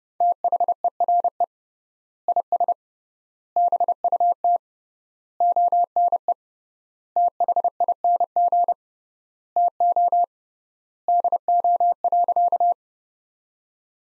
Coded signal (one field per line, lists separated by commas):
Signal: Morse code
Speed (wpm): 32 wpm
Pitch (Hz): 700 Hz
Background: none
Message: THERE IS BUT ONE THING TO DO.